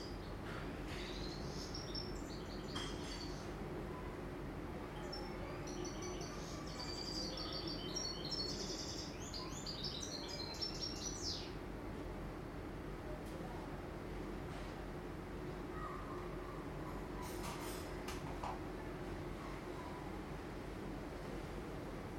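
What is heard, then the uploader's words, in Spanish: Birds chirp in quick bursts through the first half, with scattered calls later, over a steady low rumble of machinery or traffic that never lets up. Faint voices and brief clatters surface now and then, and the overall level stays even throughout. Sounds from inside the buildings.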